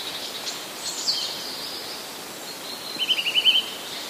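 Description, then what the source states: Eurasian nuthatch giving a short quick trill of several piping notes near the end, after faint high chirps. Autumn trills.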